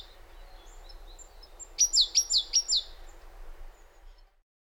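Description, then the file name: Great tit producing a single short run of a few sharp descending notes over a soft background hiss. "Parus major"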